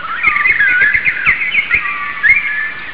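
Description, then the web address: Bird calls, a run of bright whistled chirps and warbling notes with sliding pitch, fairly continuous, over faint low thumps. "Future-PD Sounds Birds"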